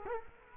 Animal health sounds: mosquito wingbeat signal from an infrared sensor; Culex quinquefasciatus

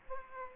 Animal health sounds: mosquito wingbeat signal from an infrared sensor; Aedes aegypti

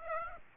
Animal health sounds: mosquito wingbeat signal from an infrared sensor; Aedes aegypti

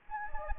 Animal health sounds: mosquito wingbeat signal from an infrared sensor; Anopheles gambiae

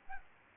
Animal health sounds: mosquito wingbeat signal from an infrared sensor; Aedes albopictus

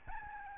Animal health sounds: mosquito wingbeat signal from an infrared sensor; Aedes albopictus

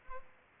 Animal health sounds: mosquito wingbeat signal from an infrared sensor; Culex pipiens

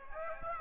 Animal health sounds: mosquito wingbeat signal from an infrared sensor; Aedes aegypti

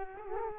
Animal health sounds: mosquito wingbeat signal from an infrared sensor; Culex quinquefasciatus

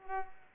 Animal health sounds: mosquito wingbeat signal from an infrared sensor; Culex pipiens

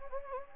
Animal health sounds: mosquito wingbeat signal from an infrared sensor; Anopheles gambiae

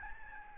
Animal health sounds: mosquito wingbeat signal from an infrared sensor; Aedes albopictus

